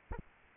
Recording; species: mosquito wingbeat signal from an infrared sensor; Anopheles arabiensis